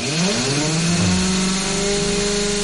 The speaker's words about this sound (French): Ah ouais, c'est pas une perceuse, ça. C'est pas une perceuse ? Ah si, ah si. Ah voilà. Si, quand même, c'est une perceuse. Mais alors, elle est bruyante, hein. Elle est puissante.